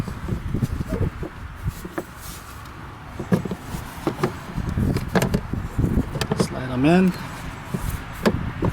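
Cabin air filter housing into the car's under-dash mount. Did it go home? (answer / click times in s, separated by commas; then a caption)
yes / 8.3 s. Someone talks while the plastic cabin air filter housing of a 2015 BMW X5 is swung in and pushed up into its under-dash mount, with several short knocks and rattles of handling along the way. A sharp click at 8.3 s marks the housing seating into place.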